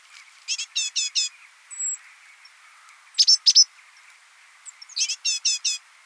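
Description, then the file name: Great tit calls, three bursts of rapid repeated high chattering notes, each burst of three to five sharp notes, with a faint thin whistle after the first. "Parus major"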